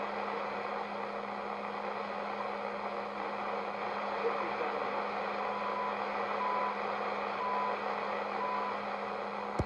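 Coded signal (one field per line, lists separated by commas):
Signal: radio time signal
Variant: CHU Canada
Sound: short 1 kHz beeps each second under loud hiss and a low hum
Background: radio static, hum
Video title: CHU Canada time signal at 3330 MHz on my National Panasonic R-355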